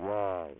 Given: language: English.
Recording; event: throat vibration sensor signal played as sound; speech